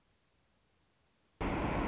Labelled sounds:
Anna's Hummingbird
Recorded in Sonoma County, California

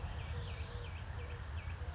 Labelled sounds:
Eurasian Collared Dove
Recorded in Sonoma County, California

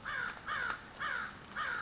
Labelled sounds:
American Crow
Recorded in Sonoma County, California

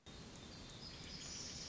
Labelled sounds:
Black-throated Gray Warbler
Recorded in Sonoma County, California

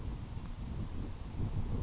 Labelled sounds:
Grasshopper Sparrow
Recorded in Sonoma County, California

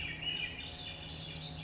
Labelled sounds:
Swainson's Thrush
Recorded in Sonoma County, California

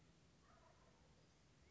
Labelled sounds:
Wild Turkey
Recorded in Sonoma County, California

